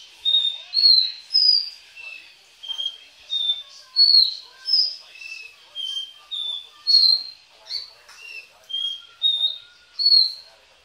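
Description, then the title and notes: Belgian canary song: a string of clear whistled notes alternating between higher and lower pitches. "Canario Belga, nyonyastudio"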